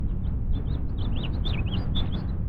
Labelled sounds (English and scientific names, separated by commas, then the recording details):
House Finch (Haemorhous mexicanus) song
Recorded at WGilgo Beach on Long Island, New York, on 22 May 1975
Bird F